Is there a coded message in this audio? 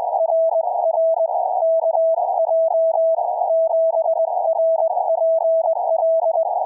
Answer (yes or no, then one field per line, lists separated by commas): yes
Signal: Morse code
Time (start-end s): 0.2-6.4 s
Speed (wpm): 21 wpm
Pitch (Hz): 650 Hz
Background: none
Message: RR KJ7RPL